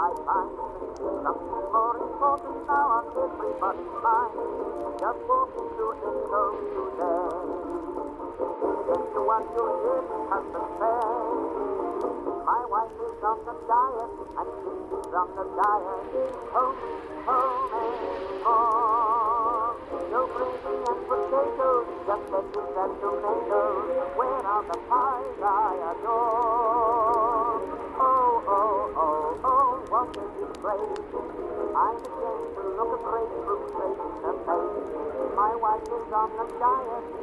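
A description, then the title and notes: Oldies music plays softly from another room, muffled and thin with the bass and treble gone, a steady crooning voice and melody drifting throughout. Oldies music playing softly from another room.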